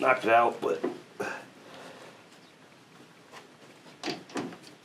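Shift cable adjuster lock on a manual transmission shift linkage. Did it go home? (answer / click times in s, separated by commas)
yes / 4.4 s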